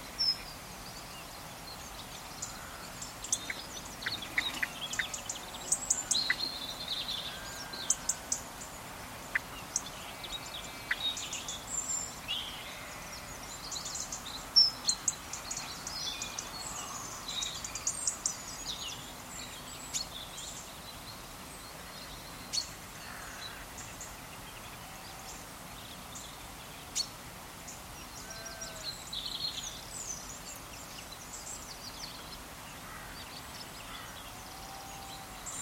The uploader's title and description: British Countryside Atmosphere. Calm autumn morning at a farm in Exmoor National Park in England. There is a sparse dawn chorus and soft wind in the vegetation.